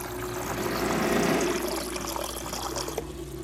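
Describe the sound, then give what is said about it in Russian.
Soda water from a coin-operated vending machine pours into a glass, a broad hissing, splashing rush that swells in the first second and then runs on evenly, with a low machine hum beneath it. “Мама достала из своего кармана монетку, опустила ее в щелочку, и в ящике что-то щелкнуло, и в стакан полилась газировка.”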